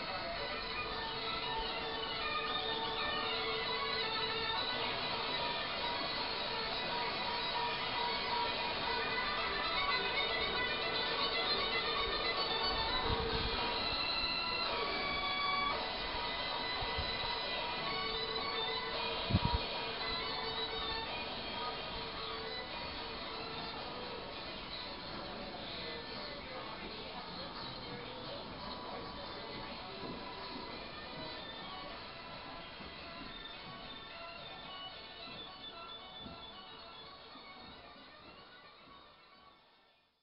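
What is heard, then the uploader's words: Instrumental music from a Buddhist temple on a hilltop plays as a dense, steady wash of sustained, ringing tones, slightly muffled. A couple of soft low thumps land around 13 and 19 seconds, and the sound slowly fades out toward the end. China - temple music. Instrumental music coming from a Buddhist temple atop a hill in Lijiang, China.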